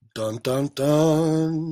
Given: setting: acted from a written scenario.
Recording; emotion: vocal sound without words; triumph